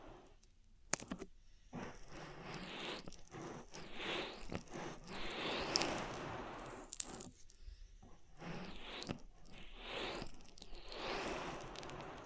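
Oil ear massage: wet, squelching rubs and crackly scrapes come in uneven bursts, with sharp clicks near one, seven and nine seconds.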